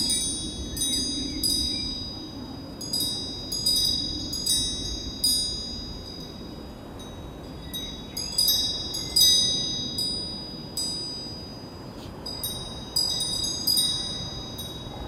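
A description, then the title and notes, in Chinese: Wind chimes ring in a light breeze outdoors, with clusters of bright, high tinkling strikes arriving every second or two and fading slowly between gusts. A soft, low rumble of wind runs steadily underneath. 田野 微风 风铃。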